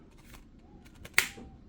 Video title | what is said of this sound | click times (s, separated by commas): Unboxing Bissel Cordless Hand Vacuum | Hear that clicking, and that's basically it. | 1.2 s